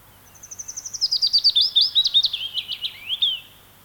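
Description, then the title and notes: Willow Warbler singing a high strophe that begins quietly, strengthens and descends the scale in slurred notes. "Mikä lintu lauloi. Pajulintu"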